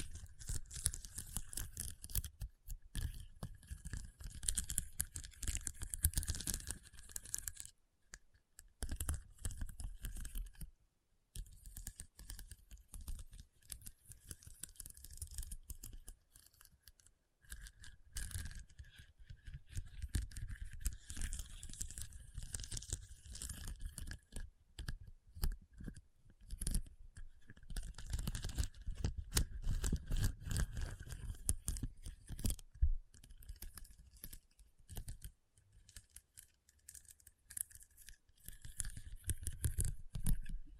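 Rhinestones being tapped and scratched in a dense, busy stream of small clicks and scrapes, with bright crisp detail and a soft low rumble beneath. The activity comes in bursts with brief silent gaps around 8, 11 and 17 seconds, then continues unevenly to the end.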